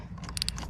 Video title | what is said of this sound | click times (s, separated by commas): 2012-2015 Honda Civic 12 Volt car battery replacement | good snug nothing crazy now it snaps back in | 0.4 s, 0.5 s